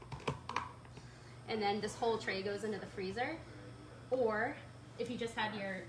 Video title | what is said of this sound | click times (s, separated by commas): Popsicles! | and then these i love these popsicle molds so then these just snap into place | 0.3 s, 0.5 s, 0.6 s